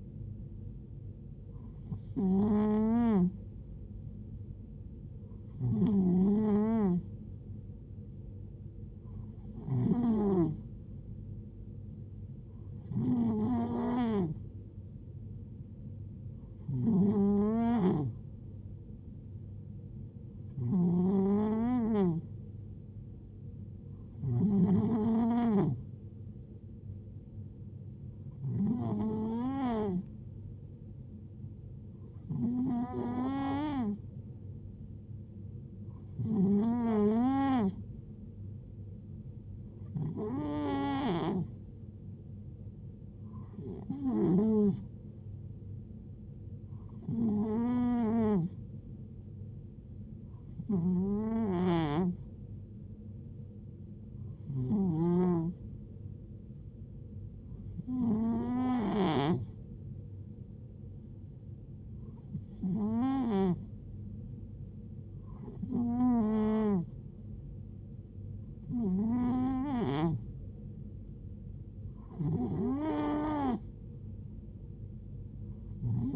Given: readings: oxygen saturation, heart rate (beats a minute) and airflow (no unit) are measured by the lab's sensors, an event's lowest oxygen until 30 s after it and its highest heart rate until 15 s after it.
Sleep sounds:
breathing in sleep by a smartphone at the bedside; none
none scored
From the record:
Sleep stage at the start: N2 (light sleep); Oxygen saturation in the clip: 91 to 92%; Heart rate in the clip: 63 to 75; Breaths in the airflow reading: 22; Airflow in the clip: -6.2 to 5.4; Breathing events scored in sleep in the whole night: 389 in 6.3 hours asleep

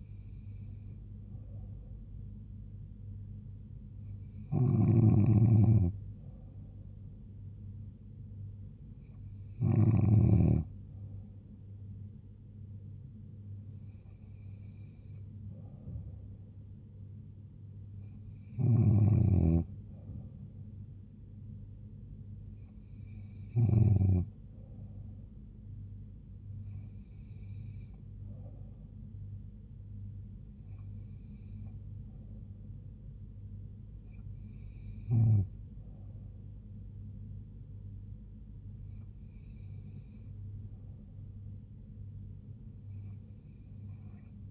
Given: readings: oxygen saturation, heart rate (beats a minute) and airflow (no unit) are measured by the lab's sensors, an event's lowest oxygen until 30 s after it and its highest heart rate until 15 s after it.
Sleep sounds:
breathing in sleep by a smartphone at the bedside; none
none scored
From the record:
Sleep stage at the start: N2 (light sleep); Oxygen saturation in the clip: 93 to 94%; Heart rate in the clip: 72 to 76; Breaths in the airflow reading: 11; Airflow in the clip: -3.3 to 2.5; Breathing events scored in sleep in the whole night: 158 in 7.3 hours asleep

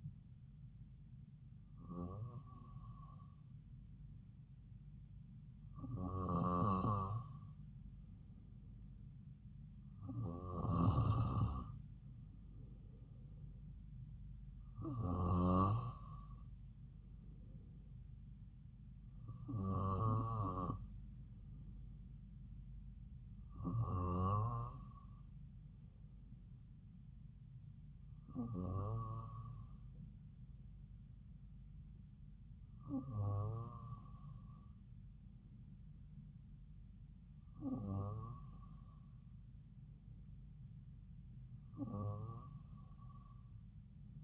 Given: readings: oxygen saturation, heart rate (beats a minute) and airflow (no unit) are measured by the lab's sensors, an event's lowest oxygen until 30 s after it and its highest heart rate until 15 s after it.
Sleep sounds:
breathing in sleep by a smartphone at the bedside; none
none scored
From the record:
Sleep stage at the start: N2 (light sleep); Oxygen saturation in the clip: 93 to 95%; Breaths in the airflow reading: 10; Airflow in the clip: -2.9 to 3.4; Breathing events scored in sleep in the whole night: 270 in 6.1 hours asleep

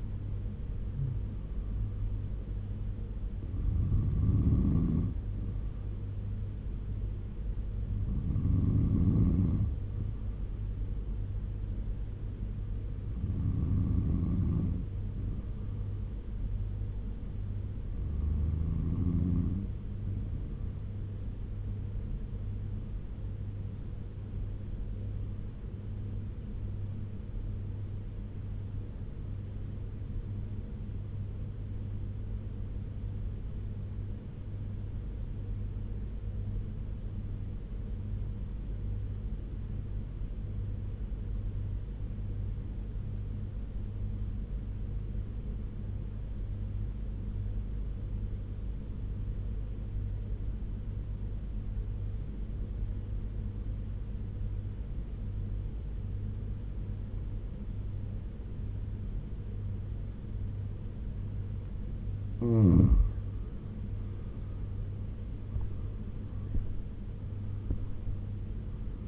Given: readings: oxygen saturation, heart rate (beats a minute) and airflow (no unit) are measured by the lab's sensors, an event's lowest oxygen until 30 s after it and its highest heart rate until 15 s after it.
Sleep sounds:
breathing in sleep by a smartphone at the bedside; 1
2.00-32.00 s: new sleep stage, N1 (lightest sleep)
28.00-63.10 s: obstructive apnea (N1, oxygen 96% highest, then 85% lowest, heart rate 75 at the start, 86 highest)
32.00-62.00 s: new sleep stage, N2 (light sleep)
62.00-69.08 s: new sleep stage, N1 (lightest sleep)
From the record:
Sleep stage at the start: N2 (light sleep); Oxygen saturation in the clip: 87 to 96%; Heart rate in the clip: 69 to 86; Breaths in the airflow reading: 6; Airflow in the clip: -10.2 to 12.6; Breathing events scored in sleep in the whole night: 201 in 6.5 hours asleep

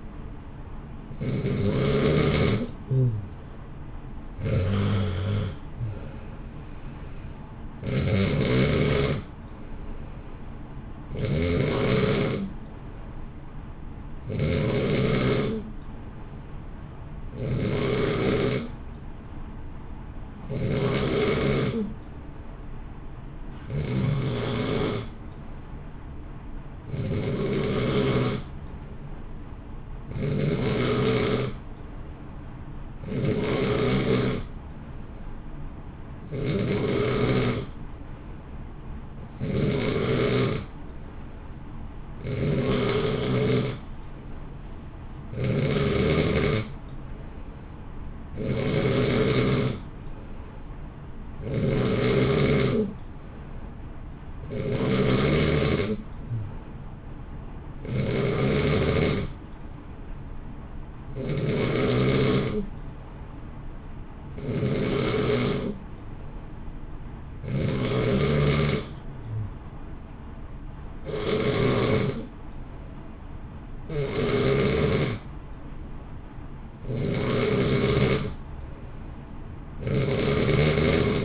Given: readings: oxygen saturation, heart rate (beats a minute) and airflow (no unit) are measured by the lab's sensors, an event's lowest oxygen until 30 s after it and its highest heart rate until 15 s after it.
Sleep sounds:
breathing in sleep by a smartphone at the bedside; none
none scored
From the record:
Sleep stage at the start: N2 (light sleep); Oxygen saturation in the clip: 90 to 92%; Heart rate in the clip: 55 to 67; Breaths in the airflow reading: 33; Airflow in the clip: -0.8 to 1.0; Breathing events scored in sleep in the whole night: 328 in 6.3 hours asleep

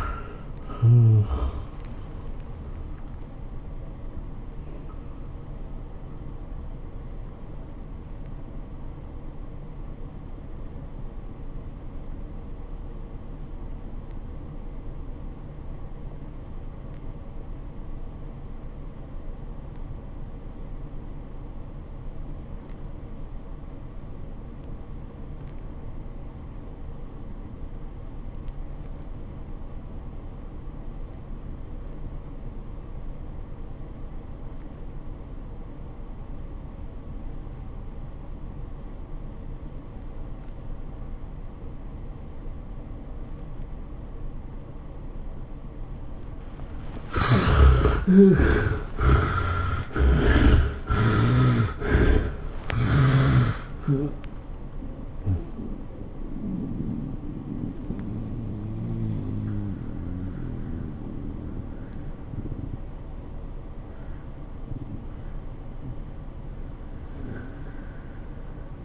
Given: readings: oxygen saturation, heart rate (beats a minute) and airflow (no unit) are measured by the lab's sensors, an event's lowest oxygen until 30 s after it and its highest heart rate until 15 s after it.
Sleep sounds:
breathing in sleep by a smartphone at the bedside; 1
11.00-49.30 s: obstructive apnea (REM, oxygen 92% highest, then 55% lowest, heart rate 93 at the start, 115 highest)
From the record:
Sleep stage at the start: REM sleep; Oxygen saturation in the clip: 55 to 92%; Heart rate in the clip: 61 to 115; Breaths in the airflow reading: 9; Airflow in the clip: -16.2 to 9.9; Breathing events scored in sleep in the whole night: 403 in 5.5 hours asleep

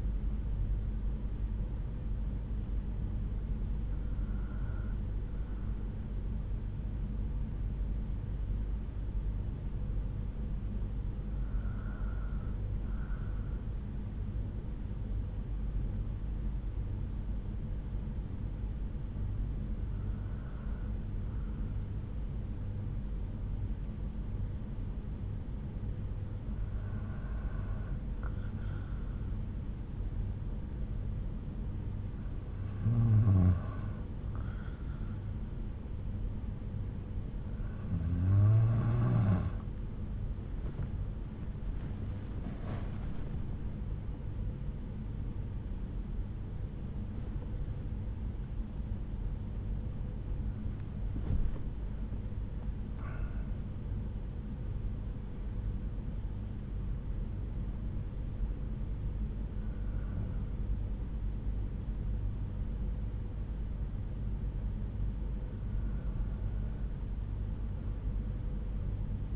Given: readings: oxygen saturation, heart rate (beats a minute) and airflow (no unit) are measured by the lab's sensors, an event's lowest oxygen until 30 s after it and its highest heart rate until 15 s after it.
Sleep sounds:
breathing in sleep by a smartphone at the bedside; 1
3.00-33.90 s: hypopnea (N2, oxygen 96% highest, then 92% lowest)
52.00-69.36 s: new sleep stage, N1 (lightest sleep)
From the record:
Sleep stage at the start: N2 (light sleep); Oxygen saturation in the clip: 92 to 96%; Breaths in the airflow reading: 13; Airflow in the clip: -8.4 to 8.4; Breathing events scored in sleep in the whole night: 368 in 8.0 hours asleep

